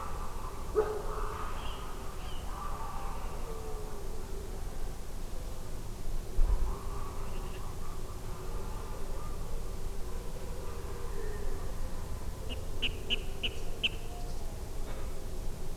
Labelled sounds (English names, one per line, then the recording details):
Water Rail
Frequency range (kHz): Water Rail 1.0-7.9 kHz
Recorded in France